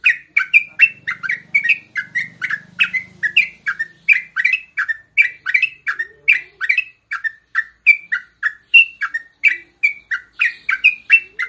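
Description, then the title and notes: Yellow-vented bulbul song: a steady stream of loud, quickly repeated chirping notes throughout. Trucukan song in the tembakan and ropel delivery styles, a masteran used to tutor songbirds. "MASTERAN Trucukan Tembakan Dan Ropel. BURUNG TRUCUKAN"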